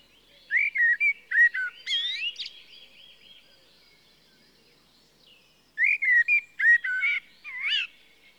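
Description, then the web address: Common blackbird delivers a fluted whistled phrase with a scratchy high ending, pauses while other birds chirp faintly, then sings a second warbling phrase. "The BBC Sound Effects Library. Blackbird (Turdus Merula)"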